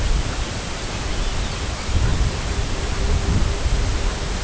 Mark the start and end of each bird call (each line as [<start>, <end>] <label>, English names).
[1.03, 2.22] Arctic Tern
[1.13, 4.39] Pectoral Sandpiper